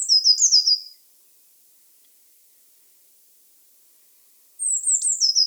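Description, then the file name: Eurasian blue tit giving high, thin chattering notes at the start, then a long silence, then another burst of high, descending notes at the end. "Cyanistes caeruleus"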